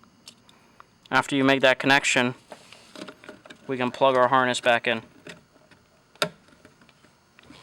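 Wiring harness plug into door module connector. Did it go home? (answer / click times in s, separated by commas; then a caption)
yes / 6.2 s. On a VW GTI MK5, the door wiring harness plug is pushed back into its door module connector after the LED puddle light wires are added. Someone talks, with faint handling ticks in the quiet gaps. A single sharp click at 6.2 s marks the connector seating.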